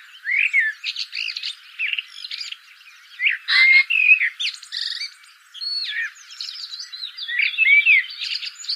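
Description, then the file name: Common blackbird warbling and squeaky twittering almost without pause. "Turdus merula"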